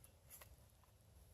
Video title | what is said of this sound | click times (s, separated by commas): On a budget, AR500, ammo, Canik and 2/3 gun | a little little click you can feel it it holds it pretty | 0.0 s